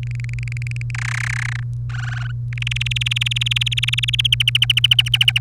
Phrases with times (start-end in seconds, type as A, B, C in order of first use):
0.03-0.91 A, 0.94-1.60 B, 1.90-2.31 C, 2.53-4.21 D, 4.24-5.38 E